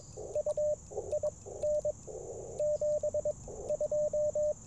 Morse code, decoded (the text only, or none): U IN 72